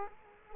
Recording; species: mosquito wingbeat signal from an infrared sensor; Culex quinquefasciatus